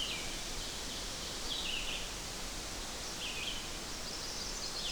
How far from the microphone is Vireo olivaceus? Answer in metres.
about 45 m